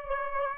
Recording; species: mosquito wingbeat signal from an infrared sensor; Aedes aegypti